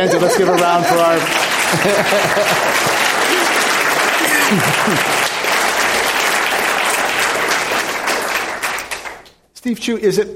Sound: applause

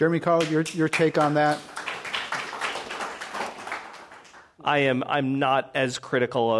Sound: applause

